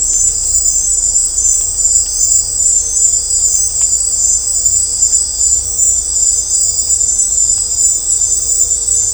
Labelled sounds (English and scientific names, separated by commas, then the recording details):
none
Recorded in dense forest near Puerto Asís, Putumayo, Colombia, on 16 December 2024 at 18:30
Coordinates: 0.503, -76.323
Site G043